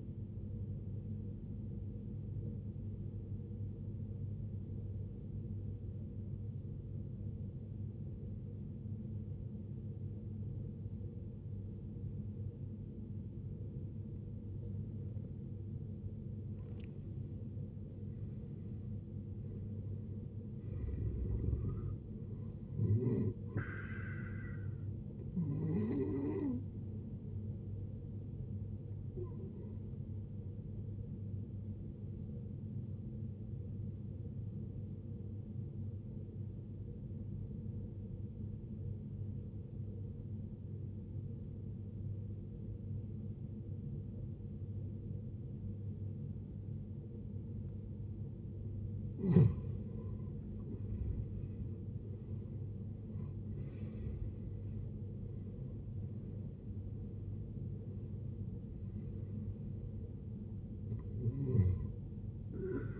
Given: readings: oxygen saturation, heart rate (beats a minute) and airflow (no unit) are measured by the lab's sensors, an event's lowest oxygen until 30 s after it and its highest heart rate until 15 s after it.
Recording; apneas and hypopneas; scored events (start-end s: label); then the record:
breathing in sleep by a smartphone at the bedside; 2
3.00-19.80 s: obstructive apnea (N1, oxygen 95% highest, then 85% lowest, heart rate 77 at the start, 77 highest)
30.00-63.00 s: new sleep stage, N2 (light sleep)
34.00-50.60 s: obstructive apnea (N2, oxygen 94% highest, then 82% lowest, heart rate 68 at the start, 78 highest)
From the record:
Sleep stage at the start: N1 (lightest sleep); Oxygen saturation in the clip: 84 to 95%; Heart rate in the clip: 54 to 78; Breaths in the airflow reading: 7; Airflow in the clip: -15.8 to 18.3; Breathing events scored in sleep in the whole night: 389 in 6.3 hours asleep